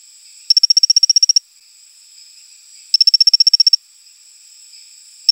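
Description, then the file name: Rocket frog calling in bursts of about a dozen rapid, high, metallic clicking notes, each burst lasting roughly a second, repeated every two to three seconds over a steady hiss. "Colostethus baebatrachus"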